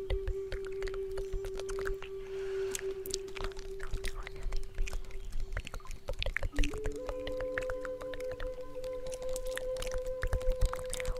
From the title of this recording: Native Flute and Inaudible Whisper